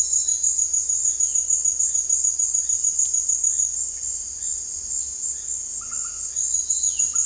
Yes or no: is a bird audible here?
no